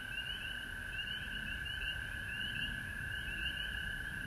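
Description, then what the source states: Chorusing frogs give a continuous ringing trill, with quick rising chirps recurring throughout, and a low background rumble. Recorded at home in Georgia on March 19, 2020.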